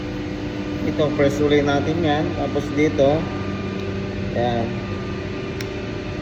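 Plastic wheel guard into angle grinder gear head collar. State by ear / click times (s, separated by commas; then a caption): seated / 5.6 s. Someone talks over a steady background hum while the plastic wheel guard on a Makita GA5090 angle grinder is pressed and turned into the gear head collar. A short, sharp click at 5.6 s marks the locking mechanism engaging, and the guard locks in place.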